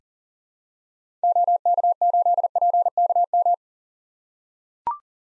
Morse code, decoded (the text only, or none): OK8PKM